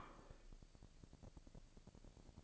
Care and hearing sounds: daily activity, microphone in the room; place plate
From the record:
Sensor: 5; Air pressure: 1007.5 hPa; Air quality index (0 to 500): 90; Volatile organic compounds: 1 ppm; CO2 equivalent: 708 ppm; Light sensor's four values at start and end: 35/83/34/35 and 35/83/34/35

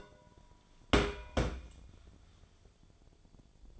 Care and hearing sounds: daily activity, microphone in the room; place on stove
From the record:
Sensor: 5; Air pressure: 1010.0 hPa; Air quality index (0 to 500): 151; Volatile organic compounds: 3 ppm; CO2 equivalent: 1473 ppm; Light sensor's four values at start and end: 249/601/258/286 and 245/602/254/279

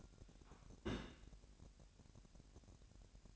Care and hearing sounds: daily activity, microphone in the room; place on stove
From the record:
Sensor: 2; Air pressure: 1011.9 hPa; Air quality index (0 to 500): 184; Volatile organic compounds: 2 ppm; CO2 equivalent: 1311 ppm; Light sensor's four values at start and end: 78/186/76/74 and 78/186/76/74

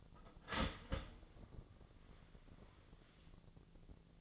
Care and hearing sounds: daily activity, microphone in the room; start toaster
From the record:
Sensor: 4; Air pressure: 1001.1 hPa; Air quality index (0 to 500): 154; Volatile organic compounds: 2 ppm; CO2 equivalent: 1130 ppm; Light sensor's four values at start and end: 21/51/21/22 and 21/50/20/22

